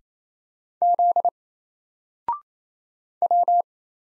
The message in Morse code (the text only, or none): Z W